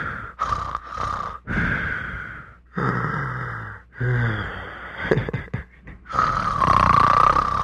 Snoring and giggling.